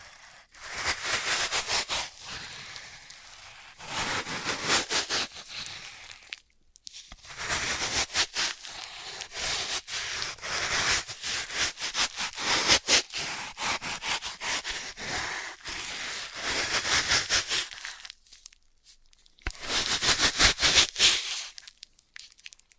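Floral foam being crushed and cut, a dense, bright crackle of crumbling and crinkling that runs in bursts of a few seconds each. Short silences break it up, near 6–7 seconds and again around 18–19 seconds, before a final burst near the end.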